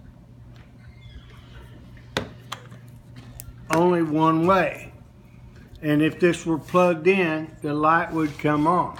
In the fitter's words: up and it snaps into place only